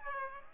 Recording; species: mosquito wingbeat signal from an infrared sensor; Aedes aegypti